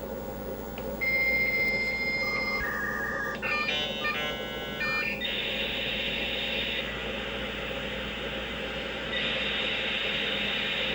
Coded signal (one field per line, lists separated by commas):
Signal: dial-up modem handshake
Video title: Playing with modems - without a phone line!